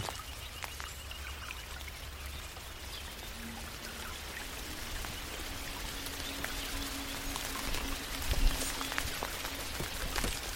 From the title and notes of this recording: Mystic forest asmr ambience. Raindrops on tree.